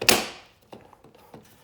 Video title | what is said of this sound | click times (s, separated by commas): How To Paint Emblems/Badges On Your Car - RAV4 2012 2013 2014 2015 2016 2017 2018 | you go once you feel the top going on an angle like this just push the bottom end and it'll snap right in just | 0.1 s